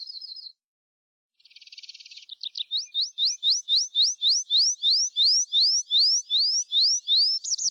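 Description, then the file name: Tree pipit song: a short trill, a buzzy burst, then a long series of rising slurred whistles repeated about three times a second, ending in a higher flourish. "PRISPOLONE"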